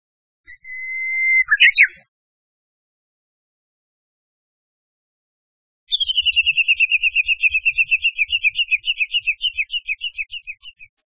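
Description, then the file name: Japanese bush warbler giving a long steady whistle ending in a quick flourish, then after a pause a long rapid series of repeated descending chirping notes. "uguisu"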